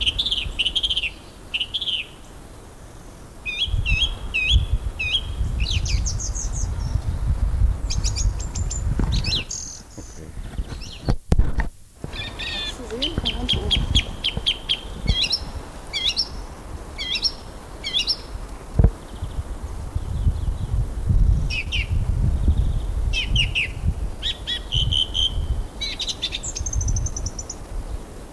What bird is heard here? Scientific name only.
Turdus philomelos